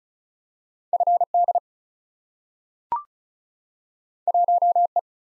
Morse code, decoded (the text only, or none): FD 1E